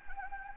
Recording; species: mosquito wingbeat signal from an infrared sensor; Anopheles gambiae